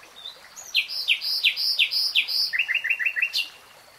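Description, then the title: Nightingale delivering a string of loud, down-slurred whistled notes about three per second, followed by a fast stuttering trill. Nightingale singing, recorded in real time. "[Tiếng chim hót] Nightingale Singing"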